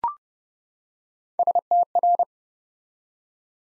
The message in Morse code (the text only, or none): STR